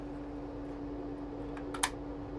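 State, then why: Seated. A new plastic rocker switch with spring retaining clips, for the Schwintek slide-out on a Keystone Bullet Ultra Lite 248rks RV, is pushed into its wall panel opening over a steady low hum. Two faint ticks at about 1.6 s and 1.8 s lead into one sharp, loud snap at 1.8 s as the switch clicks into place and seats in the panel.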